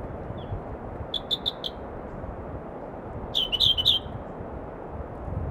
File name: firethroat Calliope-pectardens